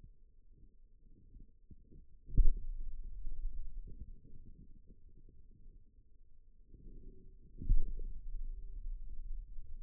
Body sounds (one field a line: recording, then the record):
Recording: forearm muscle sounds (acoustic myography)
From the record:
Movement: pen grasping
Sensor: system 2, bracelet of six BSWA MPA416 microphones around the upper forearm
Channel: 1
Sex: male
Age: 22 years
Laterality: right